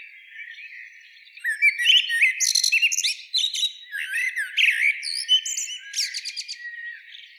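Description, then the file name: Common blackbird singing a dense, varied run of whistled and chattering notes after a quiet first second. "Turdus merula"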